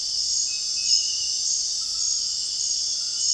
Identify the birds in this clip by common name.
none